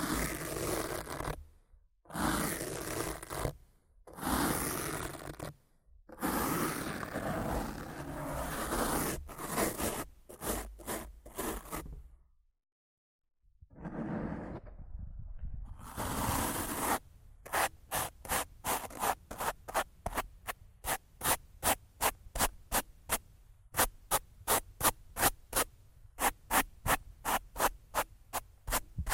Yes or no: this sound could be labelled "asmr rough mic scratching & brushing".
yes